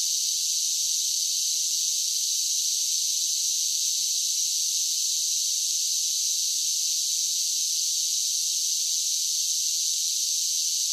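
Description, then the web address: Cicadas singing in a steady, unbroken high buzz that holds level throughout, with no pauses or other sounds. Several cicadas singing, a buzzing insect song. "Blastwave INSECTS Cicadas Sing"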